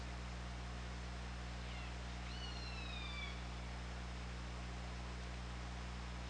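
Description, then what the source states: Killer whale calls: a short upswept note, then a long harmonic call gliding slowly downward, heard over steady low hydrophone hum and hiss. Recorded on an OrcaLab hydrophone, 24 August 2017, 08:20.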